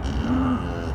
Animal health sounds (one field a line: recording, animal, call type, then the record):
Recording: contact call of a hoofed animal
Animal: cattle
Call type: low-frequency (closed-mouth) or high-frequency (open-mouth) call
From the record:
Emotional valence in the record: positive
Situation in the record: visual reunion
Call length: 0.95 s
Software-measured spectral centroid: 1380 Hz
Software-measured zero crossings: 850 a second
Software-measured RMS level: -24 dBFS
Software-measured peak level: -12 dBFS